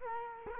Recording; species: mosquito wingbeat signal from an infrared sensor; Culex quinquefasciatus